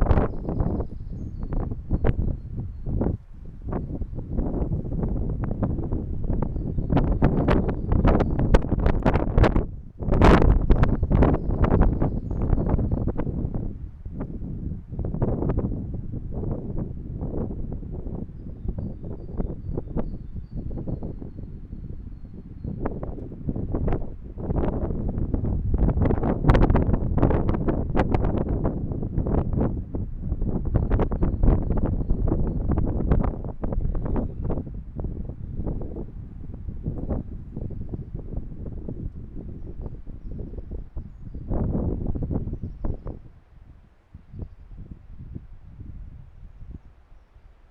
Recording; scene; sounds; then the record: everyday scene through a hearing-aid microphone; wind on the microphone; squally wind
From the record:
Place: parking lot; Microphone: behind the ear, right, front